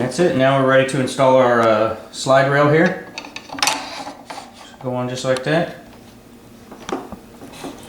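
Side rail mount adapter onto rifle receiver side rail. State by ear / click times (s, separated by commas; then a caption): seated / 6.9 s. A UTG TL-M47SR side rail mount adapter is pushed onto the side mount rail of an AK47 rifle receiver while someone talks, with scraping and light metallic knocks along the way. A short sharp click at 6.9 s marks the adapter locking in place on the receiver.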